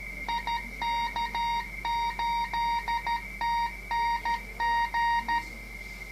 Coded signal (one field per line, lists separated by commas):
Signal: Morse code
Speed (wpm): 13 wpm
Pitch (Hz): 940 Hz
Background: none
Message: IK8TNG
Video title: CW/RTTY CAT INTERFACE TS990